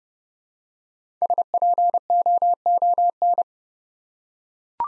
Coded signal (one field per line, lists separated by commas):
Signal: Morse code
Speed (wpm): 30 wpm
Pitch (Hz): 700 Hz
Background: none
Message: SPOON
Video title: Easy Words with Hints - 30wpm